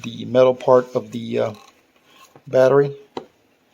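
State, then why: Seated. A rechargeable battery pack is pushed metal contacts first into the bottom battery bay of an outdoor security camera while someone talks. A sharp click at 3.2 s marks the battery snapping into place, seated tight.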